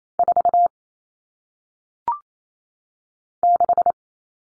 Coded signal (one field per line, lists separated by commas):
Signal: Morse code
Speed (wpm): 28 wpm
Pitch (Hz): 700 Hz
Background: none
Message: 4 6